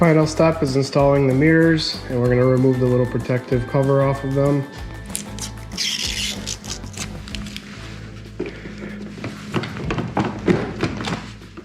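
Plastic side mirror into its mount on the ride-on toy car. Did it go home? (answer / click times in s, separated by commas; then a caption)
no / none. A plastic side mirror for a 24V Lamborghini ride-on toy car is handled as its little protective cover is removed before it goes into its mount. Music plays while someone talks, with short handling noises around 5.2, 7.4, 9.6, 9.9 and 10.5 seconds. Nothing has seated or clicked yet.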